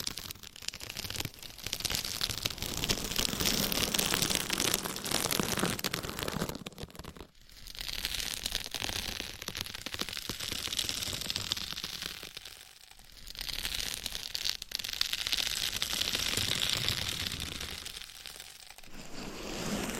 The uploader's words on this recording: Mic Scratching Battle with 100 Different MICS ! Bare VS Foam VS Fluffy Covers. No Talking.